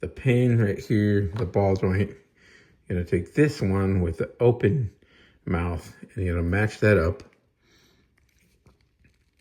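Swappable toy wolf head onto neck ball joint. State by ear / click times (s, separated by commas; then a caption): not seated / none. Someone talks while lining up a swappable open-mouth plastic wolf toy head with the ball-joint pin on the neck, matching it up before popping it on. Faint, quiet ticks follow near the end, but the head has not seated or clicked yet.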